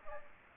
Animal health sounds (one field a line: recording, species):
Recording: mosquito wingbeat signal from an infrared sensor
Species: Aedes aegypti